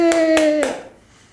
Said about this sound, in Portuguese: Isso é festa no astral inferior. É festa. Eles aplaudem assim, ó.